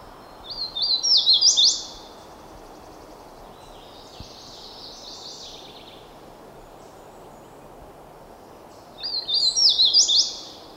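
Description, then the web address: Hooded warbler sings a bright, whistled phrase of rapid slurred notes with an accented ending, repeated once after roughly eight seconds; faint high bird chatter fills the gap. "howa"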